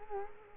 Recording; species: mosquito wingbeat signal from an infrared sensor; Culex quinquefasciatus